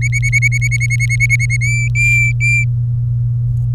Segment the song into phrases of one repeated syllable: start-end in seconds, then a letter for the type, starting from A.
0.01-1.57 A, 1.61-2.65 B